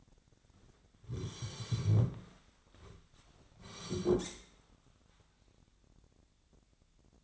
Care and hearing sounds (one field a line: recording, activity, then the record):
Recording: daily activity, microphone in the room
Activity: sit down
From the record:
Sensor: 3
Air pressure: 1009.3 hPa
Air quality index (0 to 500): 181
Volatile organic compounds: 3 ppm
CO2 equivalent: 1464 ppm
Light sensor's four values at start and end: 35/85/38/42 and 47/118/53/54